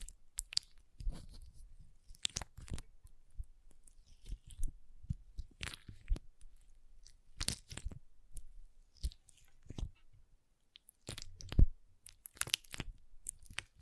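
Water beads being squeezed and handled, with short crunchy, squelching bursts that come in irregular clusters, about one every second or two. Quiet gaps separate the sharper crackly moments, and a low rumble sits underneath throughout.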